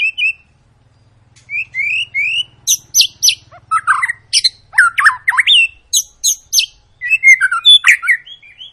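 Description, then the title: White-rumped shama song: varied rich phrases of rising whistles and sharp high chips, loud, with brief gaps between bursts. Long, lively lure song of a white-rumped shama, used to prompt other birds to sing. "Pancingan Murai Batu Gacor Panjang"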